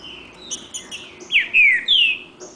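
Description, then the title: Green-winged saltator song: a few faint notes, then a few loud clear whistled notes, slurred and falling, ending in a longer descending whistle. Wild bird in the bush singing in contest with another free bird; 'nicão' song style. "Trinca Ferro NICÃO No Mato Disputando Com Solto"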